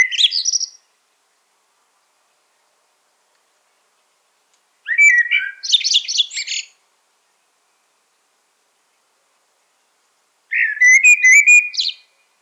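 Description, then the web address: Common blackbird song as three short bursts several seconds apart, mostly high, squeaky twittering with a few lower whistled notes leading in. "SETE Turdus merula"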